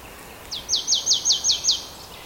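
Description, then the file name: Marsh tit call: a quick series of seven high, sharply down-slurred notes, evenly spaced over about one second, against a faint hiss. "Poecile palustris"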